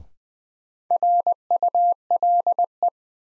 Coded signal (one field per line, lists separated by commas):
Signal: Morse code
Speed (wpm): 20 wpm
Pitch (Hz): 700 Hz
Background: none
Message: RULE